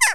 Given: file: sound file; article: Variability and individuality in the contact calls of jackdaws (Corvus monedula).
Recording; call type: jackdaw call; harmonic